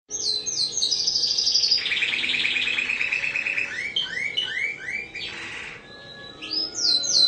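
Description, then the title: Canary delivering a fast rolling trill, then a series of repeated down-slurred notes and a short harsh burst. Spanish Timbrado canary; long rolling song. "Kenari Spanish Timbrado Gacor Ngerol Panjang"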